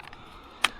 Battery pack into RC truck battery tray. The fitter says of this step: so once it clicks in place like so you can put two little body Clips in these tiny little holes here